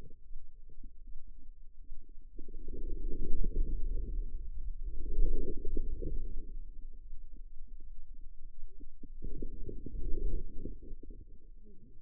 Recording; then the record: forearm muscle sounds (acoustic myography)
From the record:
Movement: inward rotation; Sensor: system 2, bracelet of six BSWA MPA416 microphones around the upper forearm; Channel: 6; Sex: female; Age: 25 years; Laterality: right